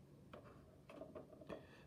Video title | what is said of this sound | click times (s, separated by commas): 2002 Star Wars imperial Shuttle Review | We got one that clicks here and then one clicks on the bottom. So it clicks into place. | 0.3 s, 0.9 s